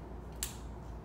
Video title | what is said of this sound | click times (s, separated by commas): Dr. Cory On Putting KAATSU Air Bands on Your Legs | so what you do is you take that same thing where you push in there wiggle it around click | 0.4 s